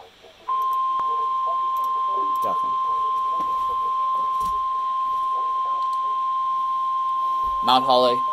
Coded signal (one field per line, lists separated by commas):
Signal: Emergency Alert System (SAME) tones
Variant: 1050 Hz attention tone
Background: speech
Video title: EAS 1933 SVR NWS Mt. Holly